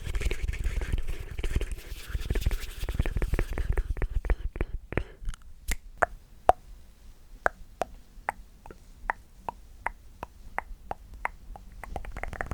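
Mouth sounds: wet clicks and smacks pile up densely over a low, muffled rumble for the first four seconds. The rumble then falls away, leaving crisp, isolated pops and tongue clicks at a fairly steady pace of about two per second until the end.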